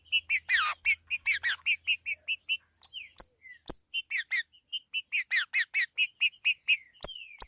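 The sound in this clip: Green-winged saltator with fast, evenly spaced harsh chips and sweeping downslurred whistles, broken by a few sharp clicks.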